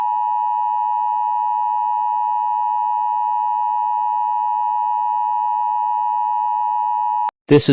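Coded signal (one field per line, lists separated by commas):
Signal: Emergency Alert System (SAME) tones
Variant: 853 and 960 Hz attention tone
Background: speech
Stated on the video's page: Fictional EAS scenario, not real.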